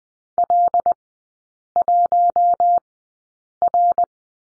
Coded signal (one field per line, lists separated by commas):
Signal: Morse code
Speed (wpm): 20 wpm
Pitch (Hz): 700 Hz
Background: none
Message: L1R